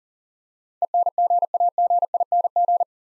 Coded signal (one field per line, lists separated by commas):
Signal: Morse code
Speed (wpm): 38 wpm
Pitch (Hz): 700 Hz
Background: none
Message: ENGAGING